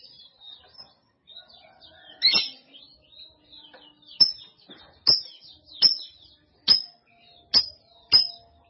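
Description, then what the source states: Canary song: thin high twittering phrases broken by a run of sharp clicking notes about every second near the end. Kenari Jawara canary; Indonesian master song used for training birds.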